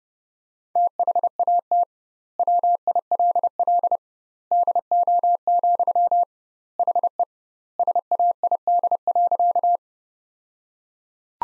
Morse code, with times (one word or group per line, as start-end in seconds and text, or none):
0.8-1.8 THAT
2.4-4.0 WILL
4.5-6.2 DO,
6.8-7.2 HE
7.8-9.8 SAID.